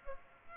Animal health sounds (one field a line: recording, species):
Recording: mosquito wingbeat signal from an infrared sensor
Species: Culex pipiens